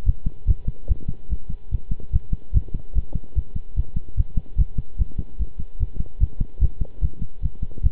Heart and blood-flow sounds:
heart sounds by stethoscope; between the tricuspid and mitral areas; 147 bpm
0.06 s: heartbeat
0.47 s: heartbeat
0.88 s: heartbeat
1.30 s: heartbeat
1.71 s: heartbeat
2.13 s: heartbeat
2.54 s: heartbeat
2.95 s: heartbeat
3.35 s: heartbeat
3.76 s: heartbeat
4.17 s: heartbeat
4.58 s: heartbeat
4.98 s: heartbeat
5.39 s: heartbeat
5.79 s: heartbeat
6.20 s: heartbeat
6.61 s: heartbeat
7.01 s: heartbeat
7.42 s: heartbeat
7.83 s: heartbeat
From the record:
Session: pedaling a stationary bicycle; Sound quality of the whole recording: good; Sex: male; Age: 23 years

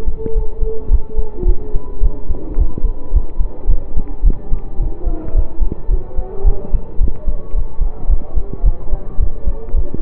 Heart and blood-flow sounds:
heart sounds by stethoscope; between the tricuspid and mitral areas; 109 bpm
0.34 s: heartbeat
0.90 s: heartbeat
1.46 s: heartbeat
2.01 s: heartbeat
2.57 s: heartbeat
3.12 s: heartbeat
3.68 s: heartbeat
4.24 s: heartbeat
4.78 s: heartbeat
5.34 s: heartbeat
5.89 s: heartbeat
6.45 s: heartbeat
7.00 s: heartbeat
7.53 s: heartbeat
8.09 s: heartbeat
8.64 s: heartbeat
9.19 s: heartbeat
9.73 s: heartbeat
From the record:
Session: pedaling a stationary bicycle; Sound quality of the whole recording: saturated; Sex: male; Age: 25 years

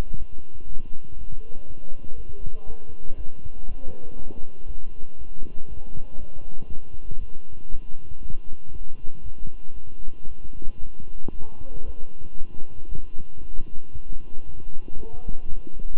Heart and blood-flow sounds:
heart sounds by stethoscope; between the tricuspid and mitral areas; 118 bpm
0.18 s: heartbeat
0.67 s: heartbeat
1.17 s: heartbeat
1.66 s: heartbeat
2.16 s: heartbeat
2.66 s: heartbeat
3.16 s: heartbeat
3.67 s: heartbeat
4.17 s: heartbeat
4.67 s: heartbeat
5.17 s: heartbeat
5.68 s: heartbeat
6.19 s: heartbeat
6.69 s: heartbeat
7.19 s: heartbeat
7.70 s: heartbeat
8.21 s: heartbeat
8.72 s: heartbeat
9.22 s: heartbeat
9.74 s: heartbeat
10.27 s: heartbeat
10.80 s: heartbeat
11.32 s: heartbeat
11.85 s: heartbeat
12.37 s: heartbeat
12.89 s: heartbeat
13.41 s: heartbeat
13.93 s: heartbeat
14.45 s: heartbeat
14.96 s: heartbeat
15.47 s: heartbeat
15.97 s: heartbeat
From the record:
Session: walking at 3.7 km/h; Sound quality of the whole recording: good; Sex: male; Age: 23 years

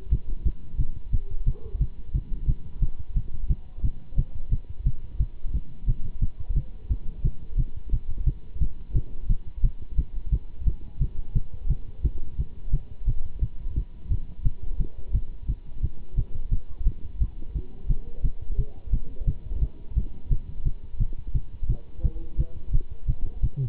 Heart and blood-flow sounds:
heart sounds by stethoscope; between the tricuspid and mitral areas; 175 bpm
0.10 s: heartbeat
0.44 s: heartbeat
0.78 s: heartbeat
1.12 s: heartbeat
1.46 s: heartbeat
1.79 s: heartbeat
2.13 s: heartbeat
2.47 s: heartbeat
2.81 s: heartbeat
3.15 s: heartbeat
3.49 s: heartbeat
3.83 s: heartbeat
4.17 s: heartbeat
4.50 s: heartbeat
4.85 s: heartbeat
5.19 s: heartbeat
5.53 s: heartbeat
5.86 s: heartbeat
6.21 s: heartbeat
6.55 s: heartbeat
6.89 s: heartbeat
7.23 s: heartbeat
7.57 s: heartbeat
7.91 s: heartbeat
8.25 s: heartbeat
8.60 s: heartbeat
8.94 s: heartbeat
9.28 s: heartbeat
9.62 s: heartbeat
9.97 s: heartbeat
10.31 s: heartbeat
10.65 s: heartbeat
10.99 s: heartbeat
11.34 s: heartbeat
11.69 s: heartbeat
12.03 s: heartbeat
12.37 s: heartbeat
12.72 s: heartbeat
13.06 s: heartbeat
13.41 s: heartbeat
13.75 s: heartbeat
14.09 s: heartbeat
14.44 s: heartbeat
14.78 s: heartbeat
15.13 s: heartbeat
15.47 s: heartbeat
15.82 s: heartbeat
16.16 s: heartbeat
16.51 s: heartbeat
16.85 s: heartbeat
17.20 s: heartbeat
17.54 s: heartbeat
17.88 s: heartbeat
18.23 s: heartbeat
18.57 s: heartbeat
18.91 s: heartbeat
19.26 s: heartbeat
19.60 s: heartbeat
19.95 s: heartbeat
20.30 s: heartbeat
20.64 s: heartbeat
20.99 s: heartbeat
21.34 s: heartbeat
21.68 s: heartbeat
22.03 s: heartbeat
22.38 s: heartbeat
22.72 s: heartbeat
23.07 s: heartbeat
23.42 s: heartbeat
From the record:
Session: Bruce protocol treadmill stress test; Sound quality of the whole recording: good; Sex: male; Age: 24 years

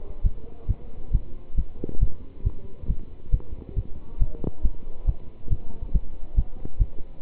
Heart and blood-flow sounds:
heart sounds by stethoscope; between the tricuspid and mitral areas; 137 bpm
0.23 s: heartbeat
0.67 s: heartbeat
1.11 s: heartbeat
1.55 s: heartbeat
2.00 s: heartbeat
2.43 s: heartbeat
2.87 s: heartbeat
3.31 s: heartbeat
3.75 s: heartbeat
4.19 s: heartbeat
4.62 s: heartbeat
5.06 s: heartbeat
5.49 s: heartbeat
5.92 s: heartbeat
6.35 s: heartbeat
6.78 s: heartbeat
7.21 s: heartbeat
From the record:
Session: pedaling a stationary bicycle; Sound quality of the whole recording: good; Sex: male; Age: 27 years

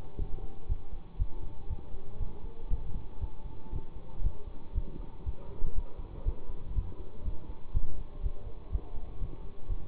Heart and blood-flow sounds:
heart sounds by stethoscope; between the tricuspid and mitral areas; 120 bpm
0.17 s: heartbeat
0.67 s: heartbeat
1.17 s: heartbeat
1.68 s: heartbeat
2.18 s: heartbeat
2.68 s: heartbeat
3.19 s: heartbeat
3.70 s: heartbeat
4.21 s: heartbeat
4.73 s: heartbeat
5.24 s: heartbeat
5.73 s: heartbeat
6.23 s: heartbeat
6.73 s: heartbeat
7.23 s: heartbeat
7.72 s: heartbeat
8.21 s: heartbeat
8.70 s: heartbeat
9.19 s: heartbeat
9.67 s: heartbeat
From the record:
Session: bicycle stress test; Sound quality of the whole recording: good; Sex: male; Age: 24 years

